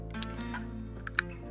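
A plastic prescription lens insert is pressed into the front of Xreal 1S AR smart glasses after the original parts were removed, over a steady low tonal background. Two sharp clicks ring out at 1.1 s and 1.2 s, the second louder. The prescription lens frame snaps in and is seated.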